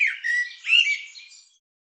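Bird calls, a run of harsh, buzzy notes with squeaky slurred phrases, rising briefly in the middle, then fading out after about one and a half seconds.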